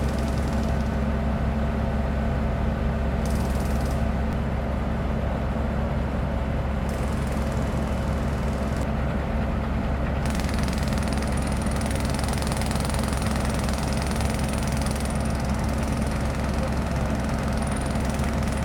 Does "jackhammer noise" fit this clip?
yes